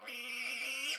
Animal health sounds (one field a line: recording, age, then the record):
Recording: pig call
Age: piglet (1 to 25 days)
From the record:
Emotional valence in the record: negative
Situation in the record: restrain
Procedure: in the arms of a person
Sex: female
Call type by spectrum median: high-frequency call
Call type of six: high-frequency stable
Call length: 0.99 s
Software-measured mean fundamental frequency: 241 Hz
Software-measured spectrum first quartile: 2430 Hz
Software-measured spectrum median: 2937 Hz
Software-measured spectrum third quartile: 5105 Hz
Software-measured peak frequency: 2342 Hz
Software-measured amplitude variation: 110 dB a second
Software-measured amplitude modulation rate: 25.6 a second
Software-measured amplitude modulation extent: 4.3 dB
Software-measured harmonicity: 5.9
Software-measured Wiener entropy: -2.26